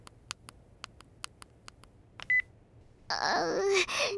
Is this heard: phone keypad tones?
yes